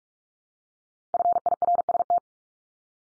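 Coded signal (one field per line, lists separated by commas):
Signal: Morse code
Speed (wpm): 44 wpm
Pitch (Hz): 700 Hz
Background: none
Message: FIRST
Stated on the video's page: Drill of the 100 most common English words at 45 wpm, each sent in Morse, spoken, then sent again.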